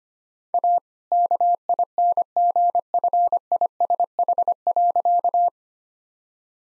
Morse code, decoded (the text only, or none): A KINGFISH.